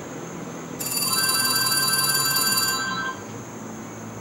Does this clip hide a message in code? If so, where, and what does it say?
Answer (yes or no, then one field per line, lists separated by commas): no